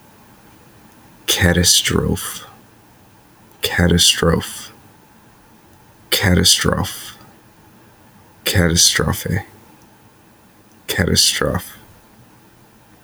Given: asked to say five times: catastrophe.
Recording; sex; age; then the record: repeated word; male; 20 to 29 years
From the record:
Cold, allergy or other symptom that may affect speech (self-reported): no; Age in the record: 22 years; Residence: North Carolina, United States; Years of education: 16